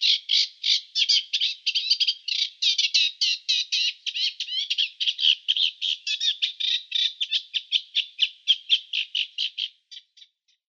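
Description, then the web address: Eurasian reed warbler song: a long unbroken run of chattering, grating notes, fading out near the end. "Schulze Peter Reed Warbler song"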